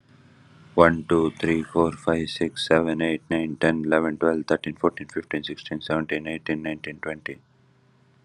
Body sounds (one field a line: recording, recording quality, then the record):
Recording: counting at a normal pace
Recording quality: excellent, no background noise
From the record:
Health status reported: recovered from COVID-19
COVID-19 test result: negative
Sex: male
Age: 26 years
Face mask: not worn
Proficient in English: yes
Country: India